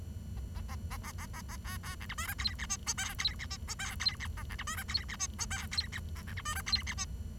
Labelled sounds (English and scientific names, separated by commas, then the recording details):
Bengalese Finch (Lonchura striata domestica) song
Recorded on 23 June 2012 at 08:36
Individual gr41rd51